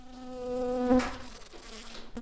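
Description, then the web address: Shrill carder bee buzzing with a steady, low droning hum rich in overtones, peaking after about a second, then continuing more softly. Worker bees. "Sylvarum workers"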